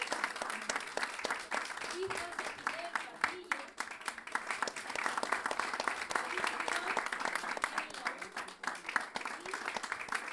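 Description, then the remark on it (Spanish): An audience applauds steadily for the announced performer Alexis Díaz Pimienta, a dense wash of many hands clapping at an even loudness throughout, while a man's voice speaks over the ovation. “Esta noche van a estar Alexis Díaz Pimienta, aplausos, ¿no?”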